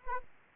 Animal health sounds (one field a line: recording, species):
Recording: mosquito wingbeat signal from an infrared sensor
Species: Anopheles arabiensis